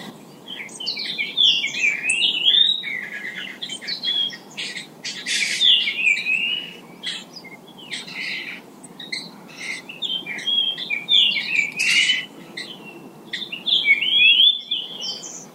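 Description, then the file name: Japanese grosbeak song, a run of clear whistled and warbled phrases around mid-high pitch, with sharp clicks and chips between, repeated throughout over steady background hiss. "ikaru"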